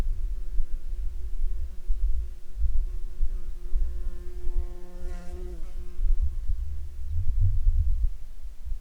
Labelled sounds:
insects
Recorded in Ivvavik National Park, Yukon, on 1 July 2019 at 09:32
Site SINP09

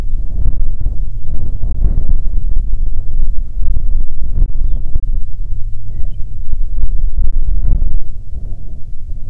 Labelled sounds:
songbird
wind
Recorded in the Prudhoe Bay oil fields, Alaska, on 6 June 2019 at 14:00
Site 16

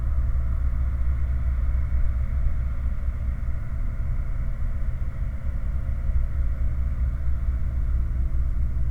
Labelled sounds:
machinery
flare stack
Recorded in the Prudhoe Bay oil fields, Alaska, on 9 August 2019 at 21:32
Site 29

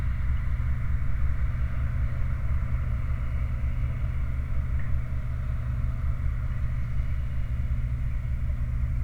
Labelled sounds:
machinery
flare stack
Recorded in the Prudhoe Bay oil fields, Alaska, on 29 July 2019 at 05:53
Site 29

